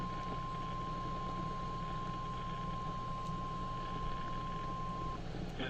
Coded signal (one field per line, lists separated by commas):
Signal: Emergency Alert System (SAME) tones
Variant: 1050 Hz attention tone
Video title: Flash Flood Warning (EAS #892)